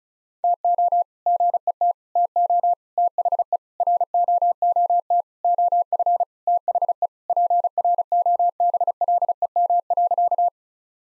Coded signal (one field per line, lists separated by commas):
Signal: Morse code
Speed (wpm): 34 wpm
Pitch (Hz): 700 Hz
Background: none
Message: TO GET TO THE ROOT OF THE PROBLEM.